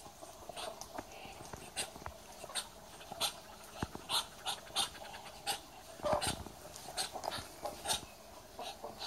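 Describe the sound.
Muscovy duck making soft, airy hissing puffs, repeated at an uneven pace with brief gaps, some bursts louder and harsher than others.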